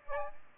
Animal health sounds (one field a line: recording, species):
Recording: mosquito wingbeat signal from an infrared sensor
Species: Aedes aegypti